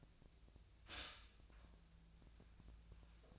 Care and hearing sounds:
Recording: daily activity, microphone in the room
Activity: stop toaster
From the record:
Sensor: 2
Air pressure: 1009.2 hPa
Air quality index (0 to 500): 186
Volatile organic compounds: 11 ppm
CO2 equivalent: 2315 ppm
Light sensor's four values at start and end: 16/41/17/18 and 19/49/20/22

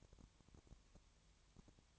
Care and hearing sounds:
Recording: daily activity, microphone in the room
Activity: no activity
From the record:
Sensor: 3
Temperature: 20.5 degrees Celsius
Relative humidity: 33.0%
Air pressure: 1003.2 hPa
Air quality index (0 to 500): 105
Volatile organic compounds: 2 ppm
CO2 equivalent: 1067 ppm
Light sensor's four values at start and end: 2/3/2/2 and 2/3/2/2

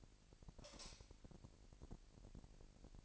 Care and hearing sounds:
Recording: daily activity, microphone in the room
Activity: light off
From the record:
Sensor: 5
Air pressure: 1002.0 hPa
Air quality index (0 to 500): 231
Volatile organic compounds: 33 ppm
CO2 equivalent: 3018 ppm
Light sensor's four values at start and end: 16/39/16/17 and 16/37/15/16

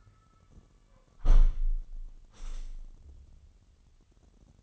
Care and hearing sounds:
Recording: daily activity, microphone in the room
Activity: close window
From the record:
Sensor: 4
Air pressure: 998.9 hPa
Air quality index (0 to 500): 126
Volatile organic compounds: 2 ppm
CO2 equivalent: 1237 ppm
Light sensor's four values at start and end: 9/21/8/9 and 9/21/8/9

